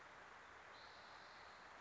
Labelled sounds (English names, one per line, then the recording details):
Spotted Towhee
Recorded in Sonoma County, California